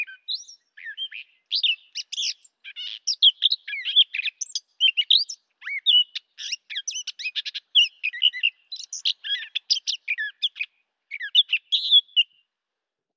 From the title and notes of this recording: Brown Thrasher Short Songs. One long developing song string of repeated motifs, short whistles, glides, mimicry, buzzes and more.